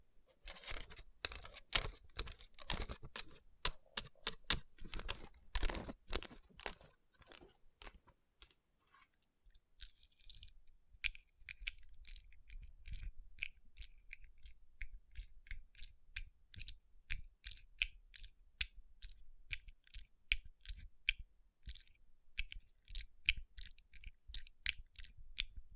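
Dense rubbing and scratching on rhinestone-covered palms gives way around ten seconds to quick, bright, regular tapping with light clicking textures.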